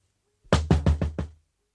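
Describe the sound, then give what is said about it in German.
Five firm, evenly spaced knocks on a door in quick succession, each a solid hollow thud, with nothing else audible around them. “Alles Rufen und Klopfen war umsonst.”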